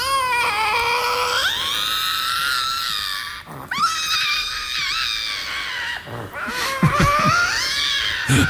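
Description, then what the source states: Eurasian lynx mating call: long wailing, whining cries in a few drawn-out bouts with brief breaks between them. Mating call, played back in a radio quiz.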